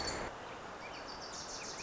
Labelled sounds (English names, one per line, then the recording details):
Wilson's Warbler
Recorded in Sonoma County, California